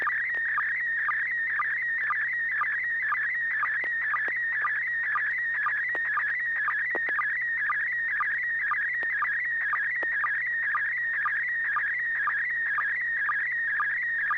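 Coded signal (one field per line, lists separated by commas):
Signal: SSTV (slow-scan television)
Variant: PD120 mode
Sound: warbling, buzzy tone shifting pitch, with a short low chirp about twice a second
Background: low mains hum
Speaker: Bob uh are you ready well hopefully I am uh this should be PD 120 and 6 pgq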